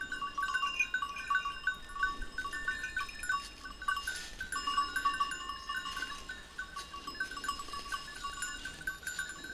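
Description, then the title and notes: Goat bells tinkle unevenly, a few brighter jangles standing out among the softer scattered ringing. A few goats grazing on a sloping meadow, their bells tinkling at random; Montcel near Chambéry, Savoie, France. "Village Tipi, Route du Revard, Chalets de la Clusaz, Montcel, Chambéry, Savoie, Auvergne-Rhône-Alpes, France métropolitaine, 73100, France - Les chèvres. Quelques chèvres broutent dans une prairie en pente, le raffiné tintement aléatoire de leurs clochettes empli l'espace, un discret criquet stridule dans les herbes"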